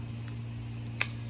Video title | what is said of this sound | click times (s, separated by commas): I Got Some Awesome New Knives | you can hear it does click in it's not | 1.0 s